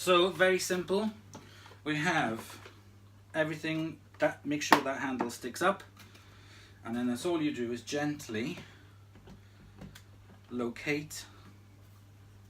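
The handle of a SEBO Automatic X4 Pet Eco Boost upright vacuum is gently located on top of the vacuum body, plastic on plastic, before being pushed down. Someone talks throughout, and two faint short knocks come at about 9.8 and 10.0 seconds. Nothing has seated or clicked yet.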